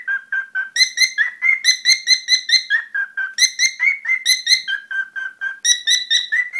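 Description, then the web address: Cockatiel uttering steady, repeated scratchy chirps, shifting between lower and higher notes throughout. "korella"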